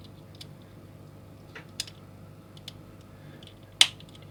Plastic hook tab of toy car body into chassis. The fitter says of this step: see you heard it snap so there's a lot of paint on that that hook tab